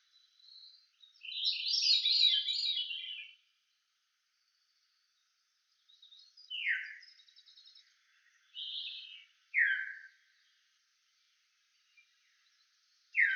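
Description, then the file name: Veery gives one swirling phrase, then a few short downslurred notes. "John Neville - Veery Grive Fauve"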